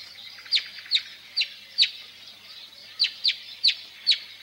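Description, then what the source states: Marsh warbler phrase of sharp, high downslurred notes repeated two to three times a second in two short series. Nests in green hedges and willow thickets; its simple song is decorated with fragments borrowed from other birds.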